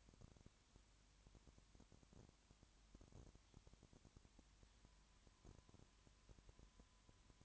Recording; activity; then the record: daily activity, microphone in the room; no activity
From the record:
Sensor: 3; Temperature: 20.5 degrees Celsius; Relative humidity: 34.6%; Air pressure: 1001.1 hPa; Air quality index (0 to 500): 196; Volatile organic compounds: 6 ppm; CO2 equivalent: 1862 ppm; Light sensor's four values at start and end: 2/3/2/2 and 2/3/2/2